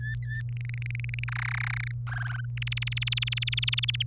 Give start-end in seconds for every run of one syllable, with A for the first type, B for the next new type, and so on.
0.00-0.41 A, 0.57-1.24 B, 1.28-1.91 C, 2.07-2.40 D, 2.57-4.03 E